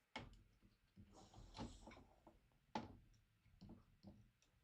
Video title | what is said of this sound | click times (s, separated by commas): BUILDING MY FIRST PC! UNBOXING, BUILDING, AND SETUP WITH DISCORD PANEL! | Go. Click click | 0.2 s, 2.8 s